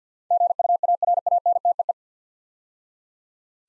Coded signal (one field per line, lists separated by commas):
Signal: Morse code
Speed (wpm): 50 wpm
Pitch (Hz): 700 Hz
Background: none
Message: GUARANTEE